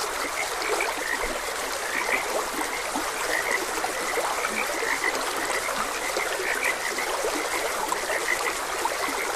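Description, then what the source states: Many frogs croak together in brief, overlapping notes that never pause, while a stream runs continuously behind them. Frogs recorded croaking beside a gentle stream.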